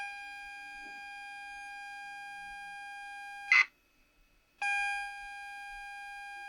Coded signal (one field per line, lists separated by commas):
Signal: ZX Spectrum tape loading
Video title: WHSmith cpd8300 data cassette clean test and new belts